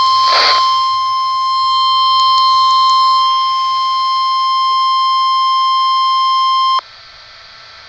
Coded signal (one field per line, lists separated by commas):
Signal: Emergency Alert System (SAME) tones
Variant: 1050 Hz attention tone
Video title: NOAA - Severe Thunderstorm Warning (EAS #1,198)